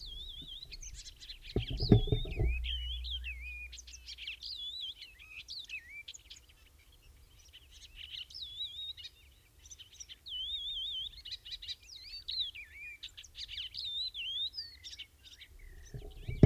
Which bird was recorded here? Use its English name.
Icterine Warbler